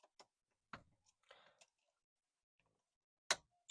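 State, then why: Seated. While reassembling a C6 Corvette steering column, a rubber O-ring is worked onto a steering column part, with faint ticks, taps and a brief scuffing rustle of handling. A sharp, loud snap at 3.3 seconds marks the O-ring seating in its groove.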